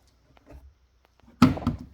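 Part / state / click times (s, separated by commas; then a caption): top door latch on a walk-behind floor sweeper / released / 1.4 s. A key is turned slightly and the top door of a Windsor Radius RWB30 walk-behind floor sweeper is pulled outward, opening it for charging and maintenance. After a few faint ticks, the small latch holding the door shut releases at 1.4 s with a loud knock, followed by a softer knock at about 1.7 s as the door comes open.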